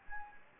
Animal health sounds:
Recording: mosquito wingbeat signal from an infrared sensor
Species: Anopheles gambiae

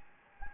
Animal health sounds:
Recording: mosquito wingbeat signal from an infrared sensor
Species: Anopheles gambiae

